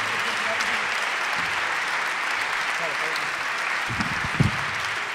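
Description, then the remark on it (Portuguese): Steady, dense audience applause for Guilherme Duarte at the end of a game fills the whole stretch as a broad, even wash of clapping, with a few louder claps standing out near the end. “Uma grande salva de palmas para o Guilherme Duarte.”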